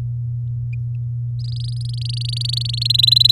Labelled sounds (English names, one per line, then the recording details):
Domestic Canary song
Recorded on 10 May 2018 at 17:10
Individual llb16